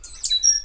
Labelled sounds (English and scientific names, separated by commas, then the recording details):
Stitchbird (Notiomystis cincta) song
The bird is a male
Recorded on Tiritiri Matangi Island, New Zealand, in 2005
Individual 8, of nest box 10